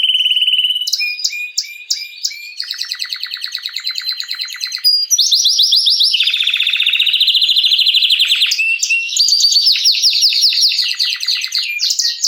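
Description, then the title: Canary in full song: a steady whistle, clipped repeated notes, then long strings of fast trills and buzzy rolls changing pitch every few seconds. Male Belgian canary singing a lot, used to warm up young birds. "Esquente Seu Filhote E Canario Belga Macho Cantando Muito"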